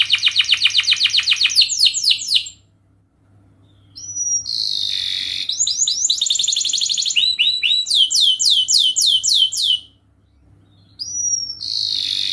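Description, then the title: Canary song: a fast run of repeated sharp notes, then sweeping whistles, buzzy passages and rolling trills with short silent gaps. Gacor (lively singing) canary with the best cengkok (melodic turns) and most luxurious isian (filler phrases); kicaumania song for training. "Kenari Gacor Cengkok Terbaik Isian Paling Mewah Kenarigacor Kicaumania Kenari"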